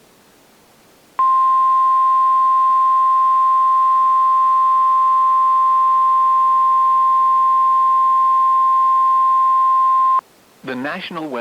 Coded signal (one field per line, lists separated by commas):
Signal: Emergency Alert System (SAME) tones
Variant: 1050 Hz attention tone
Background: speech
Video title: (EAS#6) TORNADO WARNING (02/27/2024)